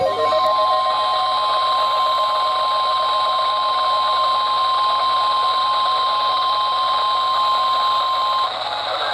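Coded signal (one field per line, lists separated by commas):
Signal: Emergency Alert System (SAME) tones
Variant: 1050 Hz attention tone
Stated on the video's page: EAS alert tones from storm-related alerts over two days.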